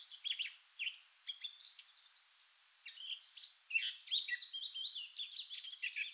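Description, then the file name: Eurasian blackcap warbling, a fairly soft stream of fast, jumbled chirps and short whistles with no other clear sounds. "Sylvia atricapilla"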